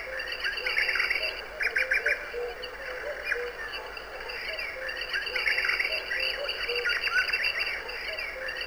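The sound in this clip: Bird song of repeated chirp clusters and longer twittering phrases, set against a constant high-pitched tonal drone.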